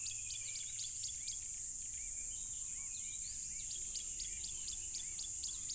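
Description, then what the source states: Shrill, constant cricket drone with busy bird chatter of quick chirps and looping whistles throughout. Loud crickets at a tropical river.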